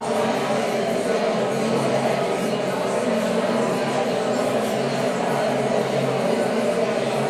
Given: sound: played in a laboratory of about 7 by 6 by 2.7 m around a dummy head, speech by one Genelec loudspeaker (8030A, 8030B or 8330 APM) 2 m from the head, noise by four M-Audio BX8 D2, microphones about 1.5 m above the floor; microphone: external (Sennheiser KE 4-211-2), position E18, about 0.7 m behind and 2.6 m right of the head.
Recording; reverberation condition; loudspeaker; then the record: babble noise; high; four, about 170 cm from the corners of the room and facing them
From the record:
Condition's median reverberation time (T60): about 1300 ms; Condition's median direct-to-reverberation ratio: about -4.0 dB